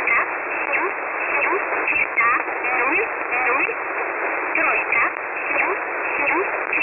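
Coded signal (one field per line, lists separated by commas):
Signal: numbers station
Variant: E11 Oblique, English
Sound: muffled single-sideband voice speaking through steady radio hiss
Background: radio static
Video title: 07 08 2021 Number station E11 Oblique in English to Eu 0830 on 5149 unknown tx site in USB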